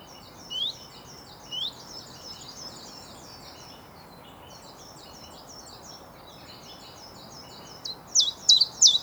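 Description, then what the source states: Common Chiffchaff song: many thin, high notes, mostly faint, with a few louder ones near the start and end. Male song proclaiming territory and attracting females; one of the first summer migrants back to Britain, where it breeds and eats insects, wintering in the Mediterranean or North Africa.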